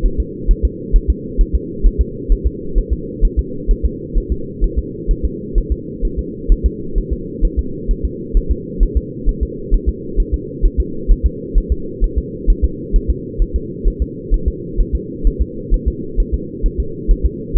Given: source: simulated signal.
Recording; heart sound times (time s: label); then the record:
fetal heart sounds
0.06 s: S1
0.20 s: S2
0.51 s: S1
0.65 s: S2
0.96 s: S1
1.10 s: S2
1.41 s: S1
1.55 s: S2
1.86 s: S1
2.01 s: S2
2.32 s: S1
2.47 s: S2
2.78 s: S1
2.93 s: S2
3.25 s: S1
3.39 s: S2
3.71 s: S1
3.85 s: S2
4.18 s: S1
4.32 s: S2
4.64 s: S1
4.78 s: S2
5.11 s: S1
5.25 s: S2
5.58 s: S1
5.72 s: S2
6.05 s: S1
6.19 s: S2
6.52 s: S1
6.66 s: S2
6.98 s: S1
7.13 s: S2
7.45 s: S1
7.59 s: S2
7.91 s: S1
8.05 s: S2
8.37 s: S1
8.51 s: S2
8.83 s: S1
8.97 s: S2
9.29 s: S1
9.43 s: S2
9.74 s: S1
9.89 s: S2
10.20 s: S1
10.34 s: S2
10.66 s: S1
10.80 s: S2
11.11 s: S1
11.26 s: S2
11.58 s: S1
11.72 s: S2
12.04 s: S1
12.18 s: S2
12.50 s: S1
12.64 s: S2
12.96 s: S1
13.10 s: S2
13.42 s: S1
13.56 s: S2
13.88 s: S1
14.02 s: S2
14.34 s: S1
14.48 s: S2
14.80 s: S1
14.95 s: S2
15.27 s: S1
15.42 s: S2
15.74 s: S1
15.88 s: S2
16.20 s: S1
16.34 s: S2
16.66 s: S1
16.80 s: S2
17.11 s: S1
17.25 s: S2
17.57 s: S1
From the record:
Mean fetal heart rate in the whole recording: 130 bpm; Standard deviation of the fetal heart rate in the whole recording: 2 bpm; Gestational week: 38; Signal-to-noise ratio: -4.3 dB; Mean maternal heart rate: 72 bpm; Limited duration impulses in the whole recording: absent